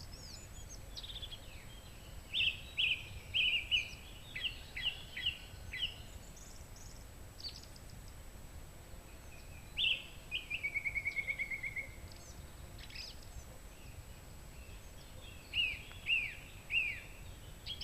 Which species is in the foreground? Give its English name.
Song Thrush